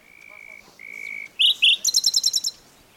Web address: SETE data Luscinia megarhynchos